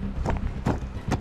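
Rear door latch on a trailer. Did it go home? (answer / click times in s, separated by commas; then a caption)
no / none. A damaged trailer's rear door is pushed shut again so its latch can catch, to add rigidity to the trailer. Knocks are heard around 0.4 s, 0.5 s, 0.7 s and 1.1 s over a low rumble. The latch has not caught or clicked; the latch fails to catch.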